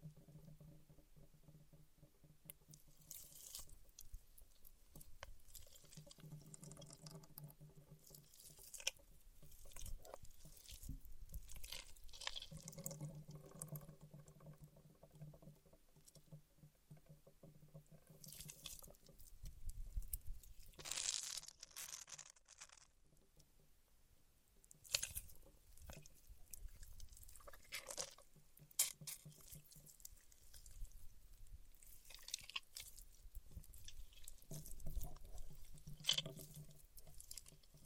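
Paraffin wax being peeled, tapped and scratched, with dense, irregular crackling and scraping that never fully stops. Sharp bright clicks and taps come often, with louder bursts around 20–22 and 25 seconds. Brief low thumpy patches recur throughout.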